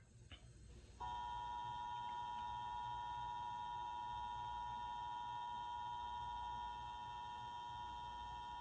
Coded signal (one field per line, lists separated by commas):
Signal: Emergency Alert System (SAME) tones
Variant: 853 and 960 Hz attention tone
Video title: YELLOW MEDICINE? (L.S. EAS #107) Severe Thunderstorm Warning